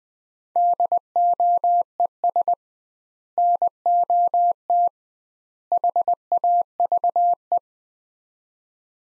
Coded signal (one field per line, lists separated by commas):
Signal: Morse code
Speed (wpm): 20 wpm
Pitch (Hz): 700 Hz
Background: none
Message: DOES NOT HAVE